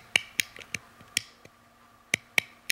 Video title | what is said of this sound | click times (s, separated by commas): Knife Review : Gerber Covert (Autos In CPM-S30V) | almost like a second step before it snaps whereas this one like I said is much more positive | 0.2 s, 0.4 s, 1.2 s, 2.1 s, 2.4 s, 2.7 s